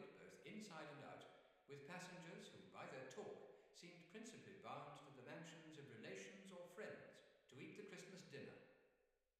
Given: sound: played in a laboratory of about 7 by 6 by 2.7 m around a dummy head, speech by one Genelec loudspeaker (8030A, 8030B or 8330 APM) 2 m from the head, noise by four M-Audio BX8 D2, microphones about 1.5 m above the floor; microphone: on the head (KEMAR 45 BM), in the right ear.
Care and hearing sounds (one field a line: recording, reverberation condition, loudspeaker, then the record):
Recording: male speech in English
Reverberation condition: high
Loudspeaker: 90 degrees to the right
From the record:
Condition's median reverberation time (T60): about 1300 ms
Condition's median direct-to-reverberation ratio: about -4.0 dB